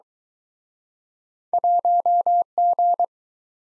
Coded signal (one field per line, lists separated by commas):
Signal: Morse code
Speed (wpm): 26 wpm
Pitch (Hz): 700 Hz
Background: none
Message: 1G